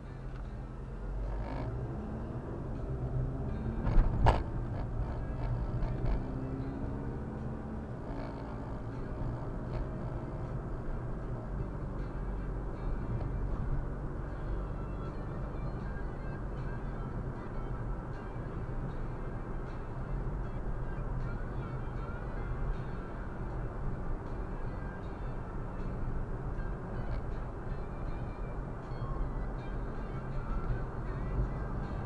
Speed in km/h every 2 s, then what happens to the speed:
3, 23, 37, 46, 51, 56, 57, 59, 63, 64, 66, 69, 70, 71, 68, 67.
0-25 speeds up to 71.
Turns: none.